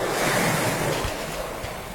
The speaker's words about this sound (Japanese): 朗読とともに聴いていただくのは、波照間島の今度は西浜の波の音です。